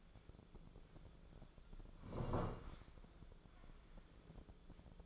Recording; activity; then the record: daily activity, microphone in the room; sit down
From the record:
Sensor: 5